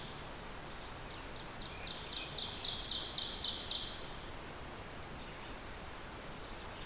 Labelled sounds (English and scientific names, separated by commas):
Ovenbird (Seiurus aurocapilla) song